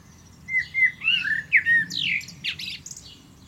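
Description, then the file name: Common blackbird song: a warbled fluted opening followed by sharp, high, squeaky notes. "Turdus merula"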